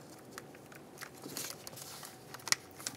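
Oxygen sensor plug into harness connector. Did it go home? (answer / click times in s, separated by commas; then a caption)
yes / 2.5 s. The plastic oxygen sensor wiring plug on a 2009-2010 Pontiac Vibe 2.4L is pushed back into its harness connector, with soft scraping and crinkling handling noises and a few faint ticks. A sharp, bright click at 2.5 s marks the connector seating, followed by one quieter tick near 2.9 s.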